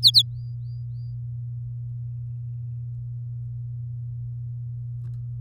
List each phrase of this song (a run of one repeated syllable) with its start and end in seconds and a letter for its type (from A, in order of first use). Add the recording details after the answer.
0.02-0.22 A. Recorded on 8 May 2018 at 15:28. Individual llb16